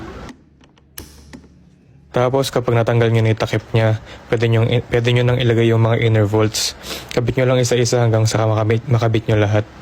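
On a Honda ADV160 scooter windshield mount, the plastic top cover is pushed with a tool under a cloth until it clicks loose at 0.98 s, releasing it so the inner bolts can be reached. A few faint taps come just before, and another small knock follows at 1.3 s. From about 2.1 s onward, someone talks.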